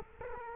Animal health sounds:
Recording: mosquito wingbeat signal from an infrared sensor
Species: Culex quinquefasciatus

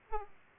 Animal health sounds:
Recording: mosquito wingbeat signal from an infrared sensor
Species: Aedes aegypti

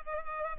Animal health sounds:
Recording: mosquito wingbeat signal from an infrared sensor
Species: Culex pipiens

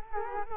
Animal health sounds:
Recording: mosquito wingbeat signal from an infrared sensor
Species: Culex quinquefasciatus

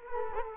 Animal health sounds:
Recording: mosquito wingbeat signal from an infrared sensor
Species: Culex quinquefasciatus

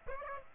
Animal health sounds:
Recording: mosquito wingbeat signal from an infrared sensor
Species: Aedes aegypti

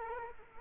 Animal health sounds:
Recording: mosquito wingbeat signal from an infrared sensor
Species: Culex quinquefasciatus

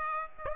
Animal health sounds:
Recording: mosquito wingbeat signal from an infrared sensor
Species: Aedes aegypti

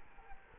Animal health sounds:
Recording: mosquito wingbeat signal from an infrared sensor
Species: Culex quinquefasciatus

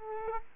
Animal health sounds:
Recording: mosquito wingbeat signal from an infrared sensor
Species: Culex quinquefasciatus

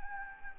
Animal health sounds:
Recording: mosquito wingbeat signal from an infrared sensor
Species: Anopheles gambiae

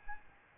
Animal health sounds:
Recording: mosquito wingbeat signal from an infrared sensor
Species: Aedes albopictus

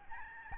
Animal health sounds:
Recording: mosquito wingbeat signal from an infrared sensor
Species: Aedes albopictus

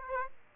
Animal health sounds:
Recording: mosquito wingbeat signal from an infrared sensor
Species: Aedes aegypti

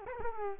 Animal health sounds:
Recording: mosquito wingbeat signal from an infrared sensor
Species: Culex quinquefasciatus

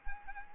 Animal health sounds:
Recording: mosquito wingbeat signal from an infrared sensor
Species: Anopheles arabiensis

